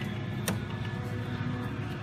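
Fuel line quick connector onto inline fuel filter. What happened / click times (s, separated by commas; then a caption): The fuel line quick connector clicked onto the filter / 0.5 s. A second fuel line quick connector on a Ford F-150 is pushed straight onto the other end of the inline fuel filter, giving a single sharp click at 0.5 s over a steady low background hum. The connector seats and holds when tugged, confirmed good.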